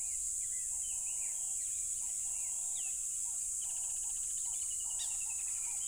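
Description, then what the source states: Crickets hum a constant high-pitched chorus; lower droning bursts repeat several times, with bird chirps and a brief rattling trill. Loud crickets along a tropical river.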